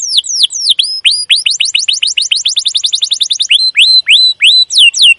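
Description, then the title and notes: Canary giving a fast run of bright chirps, then several slower, evenly spaced whistled notes. Canary song used as a lure (pancingan, masteran) to train young canaries to sing; described as gacor, long, emotional chirping. "CUIT CUIT NGEROL LANGSUNG GACOR PANJANG Kenari Ini AMPUH Utk Pancingan KENAR. PANCINGAN Kenari GACOR PANJANG Cuit CUIT EMOSI ini AMPUH utk MASTERAN Kenari PAUD belajar BUNYI. burung kenari"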